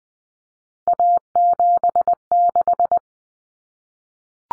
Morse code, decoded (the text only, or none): A76